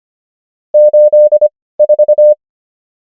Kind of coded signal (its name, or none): Morse code